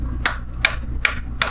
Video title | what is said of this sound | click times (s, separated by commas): Lifter Release Trick Collapsed Lifter AFM DOD GM Chevrolet Lifter Noise, Engine Knock Sound | you can hear it's locked tight that's what we want | 0.3 s, 0.7 s, 1.1 s, 1.4 s